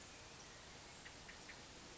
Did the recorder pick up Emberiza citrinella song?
no